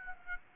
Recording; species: mosquito wingbeat signal from an infrared sensor; Aedes aegypti